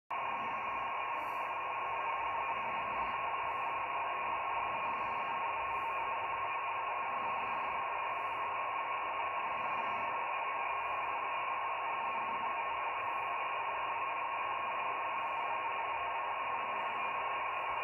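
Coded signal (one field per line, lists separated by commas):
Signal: NAVTEX (SITOR-B)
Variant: 100 baud FSK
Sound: faint rapid two-tone warble near 1 kHz under heavy steady hiss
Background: radio static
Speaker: i'm on five 18 kilohertz 517 upper sideband for daftec's uh decoding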